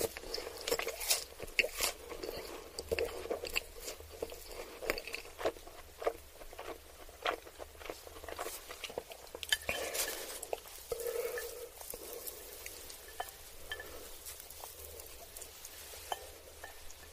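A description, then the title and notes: Someone eats ramen noodles and chicken nuggets, with a dense run of wet slurps, chews and crisp bites. Sharp clicks and scrapes pop up every second or so, busiest early on and thinning slightly toward the end. Eating ramen noodles and chicken nuggets.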